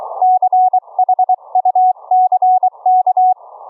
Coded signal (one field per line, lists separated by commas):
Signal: Morse code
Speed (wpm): 22 wpm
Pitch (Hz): 740 Hz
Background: none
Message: CHUCK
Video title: Experimental Homebrew Remote Rig CW keying, Remote Rig duplex audio, using an AV Linux LIVE CD